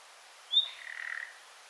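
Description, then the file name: Common nightingale call: one sharp high whistled note sliding into a short dry, rattling croak. "Luscinia megarhynchos"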